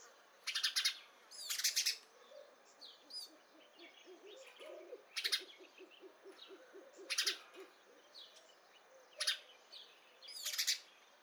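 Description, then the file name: House sparrow giving harsh, buzzy chirps, singly and in short pairs, at irregular intervals; softer twittering birds and a low pulsed series behind. "Passer domesticus"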